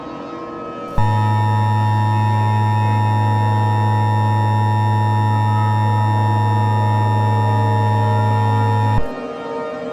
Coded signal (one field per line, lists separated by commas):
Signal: Emergency Alert System (SAME) tones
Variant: 853 and 960 Hz attention tone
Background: music